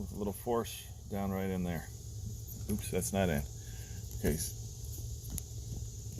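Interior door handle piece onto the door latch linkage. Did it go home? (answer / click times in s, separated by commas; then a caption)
yes / 5.4 s. A plastic interior door handle piece on a 2007 Ford Fusion is pressed onto the door latch linkage while someone talks, and the first attempt does not go in. On the second try a single sharp click sounds at 5.4 seconds as the handle clip snaps home and locks into place.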